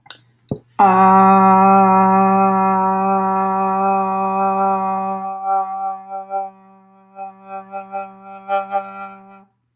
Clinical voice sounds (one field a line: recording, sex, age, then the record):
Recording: vowel held as long as possible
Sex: female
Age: 20 to 29 years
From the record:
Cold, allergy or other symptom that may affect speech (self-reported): no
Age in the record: 26 years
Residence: California, United States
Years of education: 18